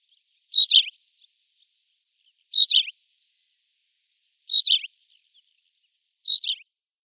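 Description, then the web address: Tawny pipit song of four clipped chirped phrases, evenly spaced about two seconds apart, each a rapid falling flourish; otherwise silent. "Schulze Peter Tawny Pipit song"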